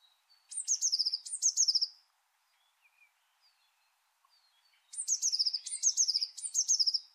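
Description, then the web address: Bird calls: two quick bursts of sharp, high descending chirps, a pause of nearly three seconds, then three more rapid chirp bursts in a row. "cianscape. Deverinetal 2025. Bird Only"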